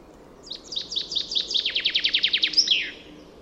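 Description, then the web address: Common chaffinch singing one phrase: crisp downward-slurred notes that accelerate into a rapid, even trill before closing on a short, emphatic flourish. "Deverinetal 2025 File origin Bird Only Fr Co"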